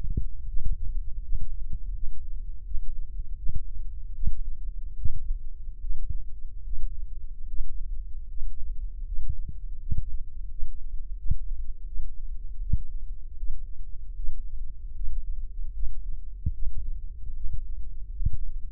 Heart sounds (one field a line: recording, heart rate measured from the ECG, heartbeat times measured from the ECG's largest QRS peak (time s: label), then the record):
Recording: heart sounds by microphone in the left ear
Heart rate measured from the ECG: 78 bpm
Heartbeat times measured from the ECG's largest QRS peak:
0.47 s: heartbeat
1.23 s: heartbeat
1.94 s: heartbeat
2.65 s: heartbeat
3.37 s: heartbeat
4.14 s: heartbeat
4.97 s: heartbeat
5.81 s: heartbeat
6.64 s: heartbeat
7.47 s: heartbeat
8.28 s: heartbeat
9.04 s: heartbeat
9.79 s: heartbeat
10.49 s: heartbeat
11.17 s: heartbeat
11.86 s: heartbeat
12.60 s: heartbeat
13.36 s: heartbeat
14.15 s: heartbeat
14.94 s: heartbeat
15.73 s: heartbeat
16.53 s: heartbeat
17.34 s: heartbeat
18.13 s: heartbeat
From the record:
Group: healthy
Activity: Valsalva maneuver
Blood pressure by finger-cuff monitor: 132/72 mmHg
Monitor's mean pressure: 86 mmHg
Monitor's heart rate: 76 bpm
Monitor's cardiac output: 6.9 L/min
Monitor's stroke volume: 90 mL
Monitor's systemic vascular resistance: 900 dyn s/cm5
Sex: male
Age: 23 years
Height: 179 cm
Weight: 87 kg